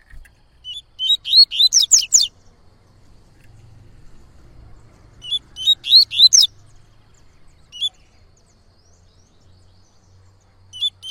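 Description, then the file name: Yellow-bellied seedeater delivering two phrases of bright, slurred whistles a few seconds apart, then a lone note and the start of another phrase, with a soft low hum between. "canto de coleiro baiano"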